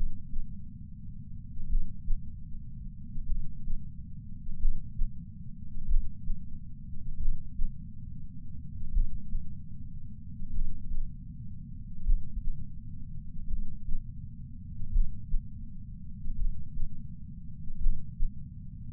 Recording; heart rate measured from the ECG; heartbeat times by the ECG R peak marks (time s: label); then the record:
heart sounds by patch sensor on the chest; 41 bpm
1.67 s: heartbeat
3.26 s: heartbeat
4.57 s: heartbeat
5.85 s: heartbeat
7.17 s: heartbeat
8.91 s: heartbeat
10.50 s: heartbeat
12.03 s: heartbeat
13.47 s: heartbeat
14.90 s: heartbeat
16.36 s: heartbeat
17.78 s: heartbeat
From the record:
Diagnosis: coronary artery disease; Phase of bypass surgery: preoperative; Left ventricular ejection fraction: 64.4%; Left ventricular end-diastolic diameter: 51 mm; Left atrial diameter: 41 mm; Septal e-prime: 7.3 cm/s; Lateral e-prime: 10.3 cm/s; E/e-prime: 10.1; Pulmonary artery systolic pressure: 25 mmHg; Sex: male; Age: 59 years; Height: 168 cm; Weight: 81 kg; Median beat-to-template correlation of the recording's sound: 0.86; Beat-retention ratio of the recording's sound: 0.96